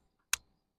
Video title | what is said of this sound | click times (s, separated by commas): CVLIFE Bipod Review: Budget-Friendly Stability for Your Rifle? | Very nice. Like there's an there's an audible snap between each position | 0.3 s